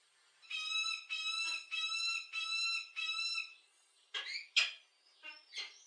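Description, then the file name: Peregrine falcon giving a run of five nasal, harmonic wailing notes in quick succession, followed by several harsher, rasping notes. "sokolwedrowny"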